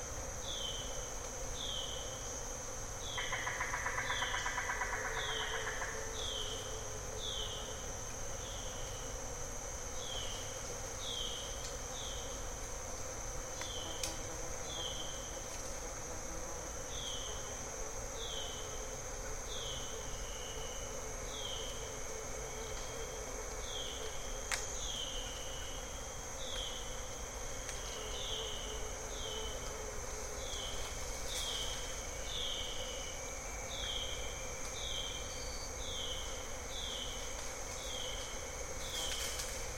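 Bird-voiced treefrogs call in the evening: a steady run of short, bright whistled notes repeating at a regular pace throughout. A thin, high insect whine holds constant underneath, with a low rumble, and a brief buzzy call appears around four seconds.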